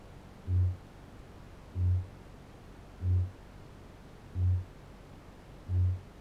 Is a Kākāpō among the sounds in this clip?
yes